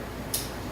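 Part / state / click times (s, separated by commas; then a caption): door lock cylinder turned back into its housing / seated / 0.4 s. A rekeyed Kwikset entry lock cylinder, slid back into its housing with the key at the 3 or 9 o'clock position, is turned with the key. A single short, sharp metallic click at 0.4 s stands out against a low, steady background. The cylinder is seated, with all the pins locked into place.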